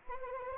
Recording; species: mosquito wingbeat signal from an infrared sensor; Anopheles arabiensis